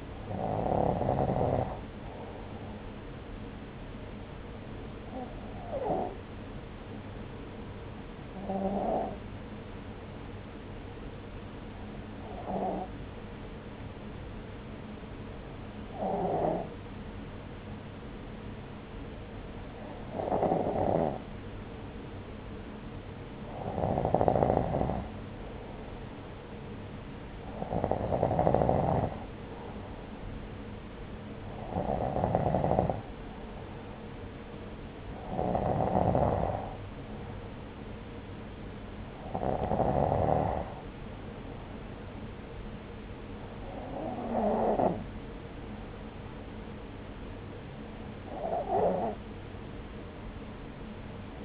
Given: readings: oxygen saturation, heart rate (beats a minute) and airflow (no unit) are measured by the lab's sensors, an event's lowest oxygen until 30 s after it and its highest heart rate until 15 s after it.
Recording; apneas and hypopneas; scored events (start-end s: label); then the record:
breathing in sleep by a voice recorder at the bedside; none
none scored
From the record:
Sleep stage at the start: N2 (light sleep); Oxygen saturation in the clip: 93 to 94%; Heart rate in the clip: 62 to 68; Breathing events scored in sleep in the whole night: 303 in 8.1 hours asleep